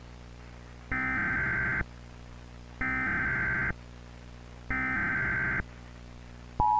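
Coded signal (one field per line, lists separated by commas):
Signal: Emergency Alert System (SAME) tones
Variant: header bursts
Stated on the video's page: Fictional EAS scenario in VHS found-footage style, a staged recreation.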